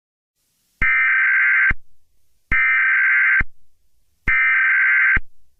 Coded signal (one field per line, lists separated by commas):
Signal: Emergency Alert System (SAME) tones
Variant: header bursts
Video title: eas scenario #1 Steve.exe